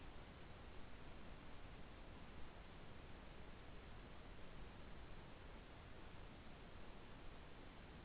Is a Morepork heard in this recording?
no